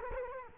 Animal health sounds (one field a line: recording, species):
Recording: mosquito wingbeat signal from an infrared sensor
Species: Culex quinquefasciatus